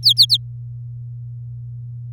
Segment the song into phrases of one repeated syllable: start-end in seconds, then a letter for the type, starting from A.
0.03-0.37 A